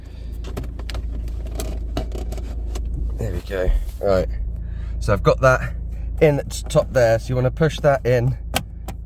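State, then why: Released. A card is pushed into the top-middle plastic retaining tab that holds the instrument cluster in the dashboard of a Ford Mondeo. Over a steady low hum with light taps in the first few seconds, someone talks, and the plastic tab gives a sharp click at 8.6 s as it releases the cluster.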